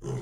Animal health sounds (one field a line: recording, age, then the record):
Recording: pig call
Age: weaner (32 to 43 days)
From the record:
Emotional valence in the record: negative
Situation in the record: short isolation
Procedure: open field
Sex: female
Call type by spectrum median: low-frequency call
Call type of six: low-frequency stable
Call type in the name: low-frequency stable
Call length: 0.22 s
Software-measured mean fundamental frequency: 60 Hz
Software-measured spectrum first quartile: 131 Hz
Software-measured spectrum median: 262 Hz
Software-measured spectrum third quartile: 569 Hz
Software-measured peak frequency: 135 Hz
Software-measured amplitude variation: 122 dB a second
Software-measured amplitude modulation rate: 20.3 a second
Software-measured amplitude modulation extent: 6.0 dB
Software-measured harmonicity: 1.5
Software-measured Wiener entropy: -0.43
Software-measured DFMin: 1255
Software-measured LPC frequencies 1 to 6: 347, 962, 1970, 3016, 4944, 6258 Hz